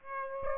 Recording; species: mosquito wingbeat signal from an infrared sensor; Aedes aegypti